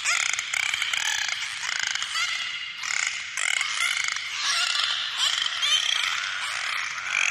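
Dolphin calls: busy chattering pulsed squawks and arching whistles, in many quick overlapping bursts throughout.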